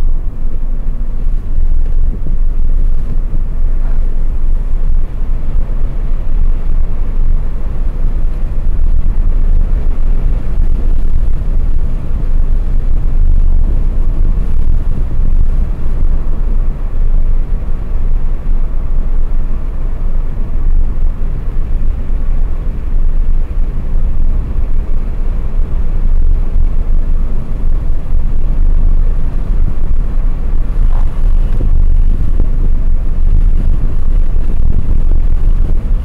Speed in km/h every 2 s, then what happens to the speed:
58, 65, 71, 77, 79, 80, 82, 82, 81, 78, 79, 83, 87, 82, 81, 82, 82, 82.
0-7 speeds up to 79. 7-19 steady at about 80. 19-23 speeds up to 87. 27-36 steady at about 82.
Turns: none.